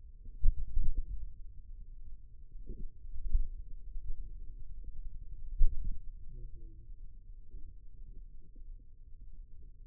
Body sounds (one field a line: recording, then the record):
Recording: forearm muscle sounds (acoustic myography)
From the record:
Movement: pen grasping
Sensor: system 2, bracelet of six BSWA MPA416 microphones around the upper forearm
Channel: 4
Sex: male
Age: 22 years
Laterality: right